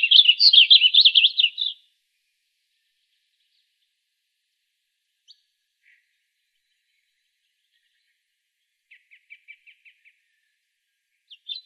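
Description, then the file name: Blue grosbeak warbled song for nearly two seconds, followed by a long quiet gap, a faint series of short repeated chips, then a brief note at the end. Arizona, 22 June 2002. "BLGR 7 deviche"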